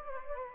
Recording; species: mosquito wingbeat signal from an infrared sensor; Anopheles gambiae